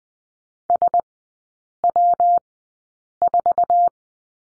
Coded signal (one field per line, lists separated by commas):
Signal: Morse code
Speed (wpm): 20 wpm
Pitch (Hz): 700 Hz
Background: none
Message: SW4